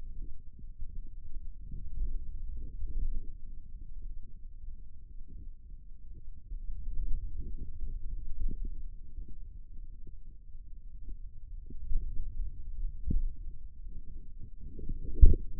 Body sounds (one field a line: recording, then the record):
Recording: forearm muscle sounds (acoustic myography)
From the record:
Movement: pen grasping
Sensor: system 2, bracelet of six BSWA MPA416 microphones around the upper forearm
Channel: 3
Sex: male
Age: 22 years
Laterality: right